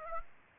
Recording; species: mosquito wingbeat signal from an infrared sensor; Aedes aegypti